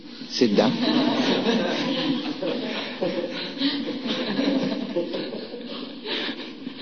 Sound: laughter

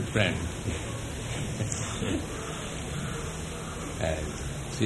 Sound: laughs

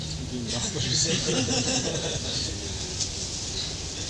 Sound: laughter

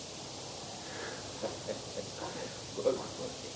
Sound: laughs

